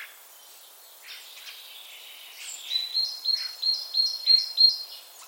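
Common starling calls, soft chatter at first, then a loud series of short clipped notes repeated about three times a second.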